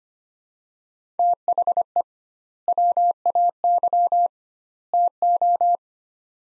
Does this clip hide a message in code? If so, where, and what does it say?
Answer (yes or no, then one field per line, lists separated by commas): yes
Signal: Morse code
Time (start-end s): 1.2-5.8 s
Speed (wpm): 25 wpm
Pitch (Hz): 700 Hz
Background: none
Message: THE WAY TO